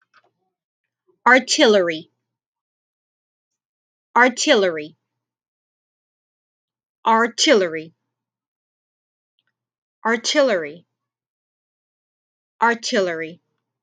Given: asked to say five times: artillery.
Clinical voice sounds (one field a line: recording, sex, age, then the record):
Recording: repeated word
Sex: female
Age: 30 to 39 years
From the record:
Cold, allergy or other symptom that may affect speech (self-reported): no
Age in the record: 37 years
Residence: Louisiana, United States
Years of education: 16